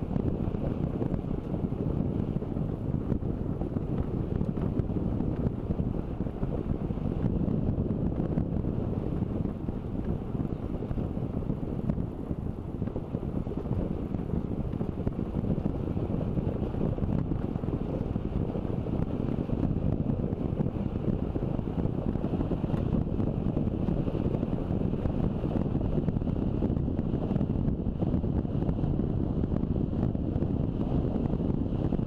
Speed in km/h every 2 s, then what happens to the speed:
24, 25, 25, 24, 24, 23, 24, 25, 26, 27, 27, 28, 29, 31, 32, 33.
0-32 speeds up to 33.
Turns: none.